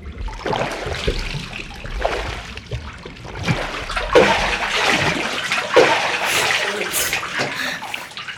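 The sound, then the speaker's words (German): Water sloshes and splashes in a bathtub as someone rises out of it, with a burst of dripping and churning that swells in waves, then lots of trickling splatter. “Aufgetaucht? Ha, du siehst ganz schön cool aus.”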